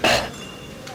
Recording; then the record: coughing mixed with background sound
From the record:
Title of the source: 61 morning phlegmy cough...again